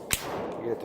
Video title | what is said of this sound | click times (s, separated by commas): Remington RP9 (DGS S2 E2) | You heard a nice little click there. | 0.1 s